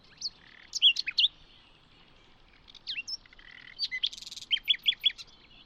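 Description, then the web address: Bird song of scattered high chips and slurred whistles, with a short series of quick, evenly spaced notes near the end. "birddata Deverinetal 2025 Bird Only Lu Me"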